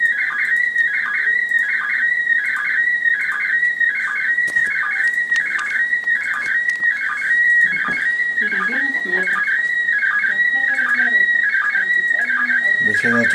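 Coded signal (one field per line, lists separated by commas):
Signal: SSTV (slow-scan television)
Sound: warbling high tone around 1.9 kHz with regular rhythmic chirps downward, steady scan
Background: radio static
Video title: ISS space station experiment op SSTV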